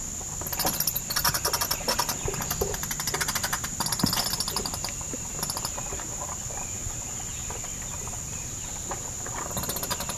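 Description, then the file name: Myotis bat chatter: a long stretch of fast, rattling clicks in the first half, then near quiet and a brief renewed burst at the end, steady whine behind. Roosting bats recorded at Congaree, South Carolina, on 30 October 2006. "OMV-10-30-06-Congaree SC Roosting Myotis"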